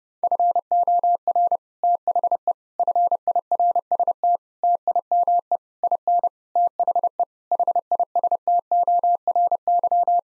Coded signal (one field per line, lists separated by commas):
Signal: Morse code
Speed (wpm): 32 wpm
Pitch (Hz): 700 Hz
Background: none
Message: FOR THE FIRST TIME IN THE HISTORY